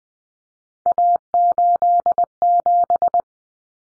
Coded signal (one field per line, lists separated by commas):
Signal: Morse code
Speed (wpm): 20 wpm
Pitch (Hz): 700 Hz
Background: none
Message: A87